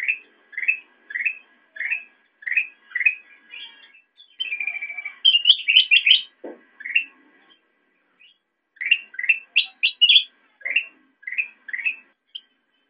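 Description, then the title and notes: Sooty-headed bulbul calls: short, bubbly chirped notes repeated steadily, with busier bursts of higher, sharper notes. Recording meant for training songbirds, a practice called masteran. "suara burung kutilang buat masteran"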